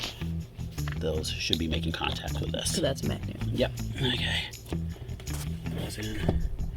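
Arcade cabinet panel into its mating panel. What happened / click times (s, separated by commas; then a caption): The panel is being handled and has not locked into place yet / none. An arcade cabinet panel of particle board with magnet or lock fittings is handled with its pins in, ready to be pushed onto its mating panel, while someone talks over background music. A few short knocks and handling noises are heard. Nothing has seated or clicked yet.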